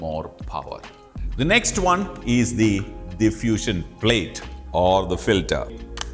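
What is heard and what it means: Someone talks over background music while handling a plastic diffusion plate (filter) for the Godox AK-R1 kit, bringing it to the magnetic/clip accessory mount of a round flash head. The clip ends before the plate goes home, so nothing has seated or clicked yet.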